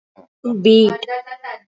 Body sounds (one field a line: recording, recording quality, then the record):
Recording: sustained vowel as in beet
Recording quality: excellent, no background noise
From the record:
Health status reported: respiratory illness, not identified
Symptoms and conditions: asthma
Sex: female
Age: 46 years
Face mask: worn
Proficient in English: yes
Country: India